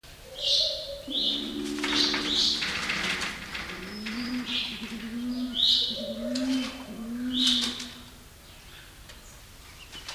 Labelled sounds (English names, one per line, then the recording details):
African Olive Pigeon call
Violet Turaco
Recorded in captivity
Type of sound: call, call sequence
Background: Musophaga violacea
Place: Zoo Berlin, Berlin, DE
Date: 1994-02-05 12:33
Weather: partly sunny, 0°C, wind
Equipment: Marantz CP 430, Sennheiser MKH 416 T, Kopie Uher Variocord 263
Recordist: Tembrock, Günter
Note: Balzfolge